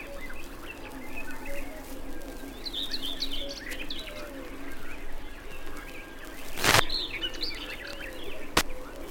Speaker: Это поет серая Славка. Слышите, какая у нее торопливая и щебечущая песенка.